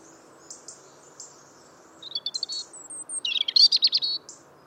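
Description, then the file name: European robin song: faint high notes build into a rapid, buzzy, tinkling trill of mixed whistles near the end. "Erithacus rubecula"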